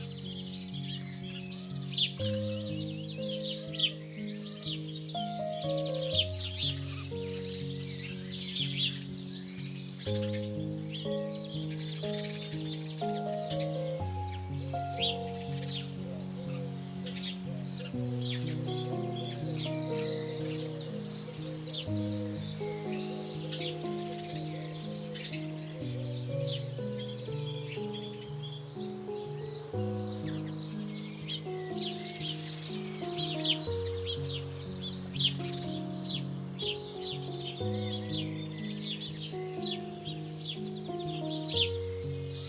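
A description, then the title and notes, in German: Birds chirp and sing steadily over a soft melody of sustained low notes that shift in slow, regular chords every few seconds. The chirps are dense and bright throughout, with a faint windy hush beneath, and the level stays even for the whole clip. Der Natürliche Klang der LANDSCHAFT und eine Entspannende MELODIE.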